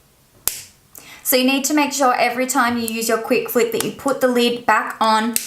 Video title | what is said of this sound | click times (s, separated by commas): Green Envy is here! 🌴 Full Review and Tutorial - The Quick Flick | So you can distinctively hear when you shut the lid that it actually locks in place properly. | 0.5 s